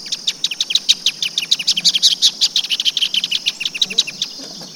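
Band-tailed hornero chattering song, a fast run of sharp high chips repeated several times a second, rising in intensity through the middle then easing off.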